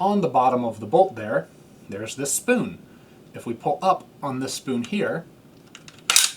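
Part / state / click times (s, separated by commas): bolt locking open in a semi-automatic shotgun receiver / seated / 6.1 s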